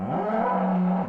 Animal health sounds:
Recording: contact call of a hoofed animal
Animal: cattle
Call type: low-frequency (closed-mouth) or high-frequency (open-mouth) call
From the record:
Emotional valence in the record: negative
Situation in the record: full separation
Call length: 1.09 s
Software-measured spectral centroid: 870 Hz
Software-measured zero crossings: 1000 a second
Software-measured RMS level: -24 dBFS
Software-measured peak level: -12 dBFS

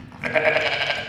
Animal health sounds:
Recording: contact call of a hoofed animal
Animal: sheep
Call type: low-frequency (closed-mouth) or high-frequency (open-mouth) call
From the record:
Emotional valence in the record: positive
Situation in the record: reunion with pen mate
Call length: 1.09 s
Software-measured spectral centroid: 2180 Hz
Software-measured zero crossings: 3160 a second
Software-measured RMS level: -23 dBFS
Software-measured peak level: -3 dBFS

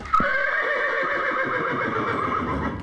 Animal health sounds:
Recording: contact call of a hoofed animal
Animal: horse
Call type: whinny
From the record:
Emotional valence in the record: negative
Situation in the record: separation from one group member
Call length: 2.9 s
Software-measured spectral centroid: 1510 Hz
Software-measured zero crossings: 2380 a second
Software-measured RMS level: -24 dBFS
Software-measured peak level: -10 dBFS

